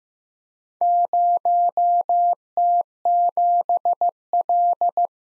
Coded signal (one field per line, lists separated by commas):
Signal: Morse code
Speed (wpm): 15 wpm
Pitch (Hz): 700 Hz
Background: none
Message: 0T7L